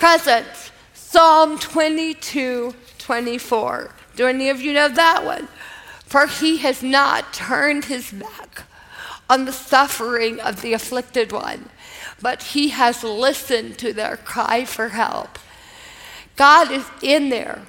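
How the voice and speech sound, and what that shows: Adult woman speaking with dysarthria, years after a massive brainstem stroke and a long recovery. Her speech is slow and effortful, with drawn-out vowels and frequent pauses between phrases.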